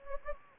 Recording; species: mosquito wingbeat signal from an infrared sensor; Anopheles gambiae